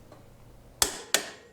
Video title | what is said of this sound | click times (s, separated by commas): How To: Install Front Wheel on XR650L [4 Minute] | as the factory service manual recommends and tighten it and into my case until it clicks | 0.8 s, 1.1 s